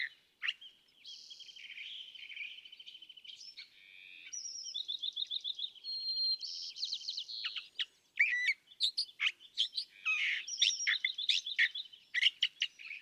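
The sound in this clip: California thrasher singing an ever-changing sequence of phrases, mixing buzzy trills and sharp chips.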